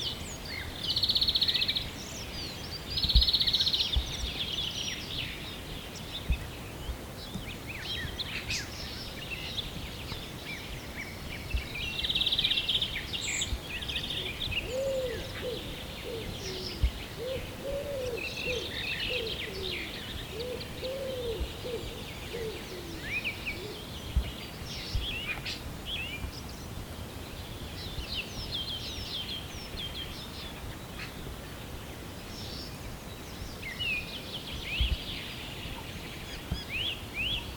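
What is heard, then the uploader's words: Birds call at sunrise over a steady low rumble. Short bright chirps and whistles come every few seconds, louder near the start around one to four seconds and again near twelve seconds, with a few lower warbling notes around fifteen to twenty-two seconds. Birds at sunrise.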